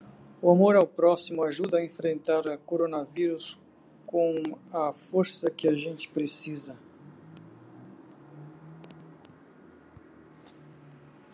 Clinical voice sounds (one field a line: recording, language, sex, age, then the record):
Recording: spoken sentence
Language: Brazilian Portuguese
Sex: male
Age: 60 to 69 years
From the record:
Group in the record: control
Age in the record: 62 years